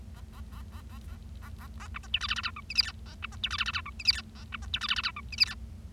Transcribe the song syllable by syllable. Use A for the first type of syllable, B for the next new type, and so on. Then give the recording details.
A A A A A A A A A B C D E F F G H I J K A B C D E F F G H I J K A B C D E F F G H I J K. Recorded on 25 March 2012 at 13:29. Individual gy6or6